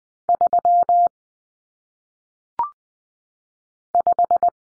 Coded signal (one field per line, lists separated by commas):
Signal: Morse code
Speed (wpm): 20 wpm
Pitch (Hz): 700 Hz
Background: none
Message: 3 5